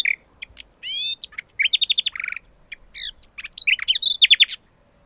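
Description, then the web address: Common nightingale song: dense varied phrases of buzzy chirps, quick trills and rapidly repeated notes with brief pauses between them. "agykontroll Madardalok Cd 2. Fülemüle"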